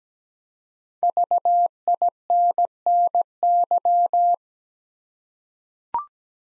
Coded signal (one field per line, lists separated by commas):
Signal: Morse code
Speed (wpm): 17 wpm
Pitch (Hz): 700 Hz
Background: none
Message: VINNY